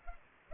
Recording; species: mosquito wingbeat signal from an infrared sensor; Culex pipiens